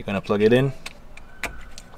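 Someone talks while a gray plastic active sound design connector is plugged into a Bavsound amplifier bypass harness on a BMW, and its locking tab is pulled back. Brief plastic handling taps follow near 1.2, 1.4 and 1.8 seconds. The clip ends before the connector goes home, so nothing has seated or clicked yet.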